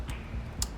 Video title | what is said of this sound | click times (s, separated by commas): Nissan 3.5 valve cover gasket replacement Murano and Quest | just push this all the way down and it clicks in place | 0.6 s